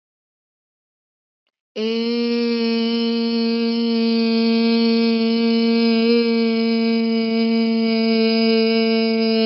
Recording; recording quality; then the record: sustained vowel as in made; excellent, no background noise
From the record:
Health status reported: respiratory illness, not identified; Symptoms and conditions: none ticked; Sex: female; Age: 22 years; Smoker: not ticked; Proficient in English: yes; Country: India